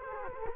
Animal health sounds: mosquito wingbeat signal from an infrared sensor; Culex quinquefasciatus

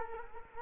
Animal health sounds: mosquito wingbeat signal from an infrared sensor; Culex quinquefasciatus

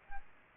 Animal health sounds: mosquito wingbeat signal from an infrared sensor; Aedes albopictus

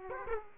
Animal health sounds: mosquito wingbeat signal from an infrared sensor; Aedes aegypti

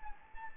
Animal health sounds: mosquito wingbeat signal from an infrared sensor; Anopheles gambiae

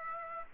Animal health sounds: mosquito wingbeat signal from an infrared sensor; Aedes aegypti

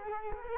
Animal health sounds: mosquito wingbeat signal from an infrared sensor; Culex quinquefasciatus

